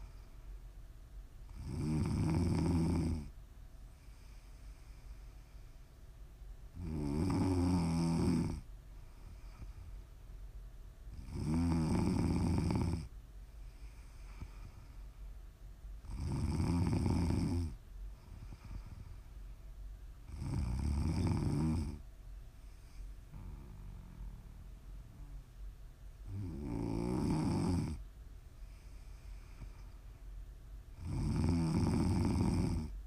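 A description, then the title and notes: Heavy snoring, with loud rumbling snores arriving at a steady rhythm about every five seconds, each lasting roughly a second and a half. Between them come quieter breathing sounds and a faint hiss of noise. ASMR snoring.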